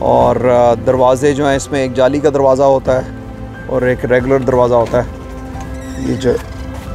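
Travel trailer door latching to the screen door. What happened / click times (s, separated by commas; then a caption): Handled, not yet home: the door latch has not locked / none. Someone talks while handling the regular door of a Jayco Jay Flight Swift SLX travel trailer, which is meant to join the screen door so the two close and lock as one. Music plays underneath. The clip ends before the latch goes home, so nothing has clicked or seated yet.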